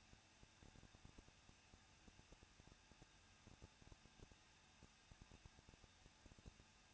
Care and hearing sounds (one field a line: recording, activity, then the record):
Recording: daily activity, microphone in the room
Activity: no activity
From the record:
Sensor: 2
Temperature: 21.0 degrees Celsius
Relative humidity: 37.3%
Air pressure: 1006.3 hPa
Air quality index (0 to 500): 220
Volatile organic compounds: 23 ppm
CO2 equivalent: 2782 ppm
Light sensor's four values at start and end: 2/3/2/2 and 2/3/2/2